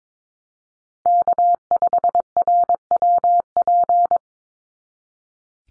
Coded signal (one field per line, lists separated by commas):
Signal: Morse code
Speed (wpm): 22 wpm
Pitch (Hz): 700 Hz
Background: none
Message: K5RWP